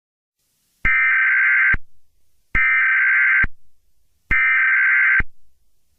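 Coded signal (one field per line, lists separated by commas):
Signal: Emergency Alert System (SAME) tones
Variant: header bursts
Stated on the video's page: Simulated EAS scenario depicting an attack on New Orleans.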